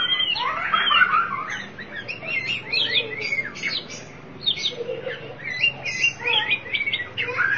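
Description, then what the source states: Oriental magpie-robin singing a rich, fast sequence of slurred whistles and scratchy notes, phrases tumbling together with brief pauses. Chirping song (kicauan) of the bird.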